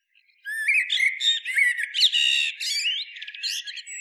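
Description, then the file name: Common blackbird giving a dense run of squeaky, scratchy twittering notes with sharp slurred whistles, continuous for about three and a half seconds after a brief quiet start. "Turdus merula"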